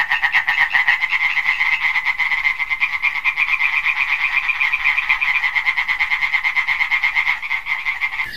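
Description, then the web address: Amphibian: a dense, rapid pulsed trill at a steady mid-high pitch, continuing without pause almost to the end. "amphibien amphibien projekt sounds amphibium"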